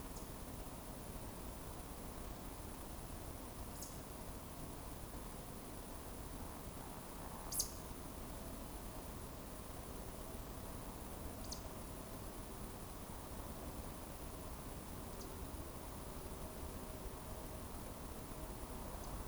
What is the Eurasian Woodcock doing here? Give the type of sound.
whistle, croak